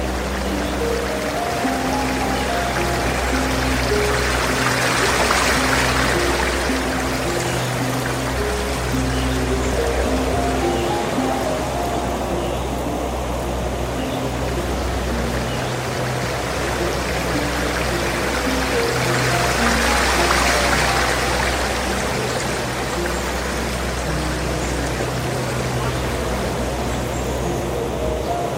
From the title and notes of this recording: Immerse yourself in dreamy mixes of Relaxing Piano Music and the soothing sounds of a Soft Water Stream.